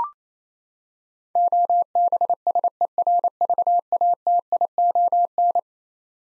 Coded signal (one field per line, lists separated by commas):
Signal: Morse code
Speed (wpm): 27 wpm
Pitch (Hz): 700 Hz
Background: none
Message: OBSERVATION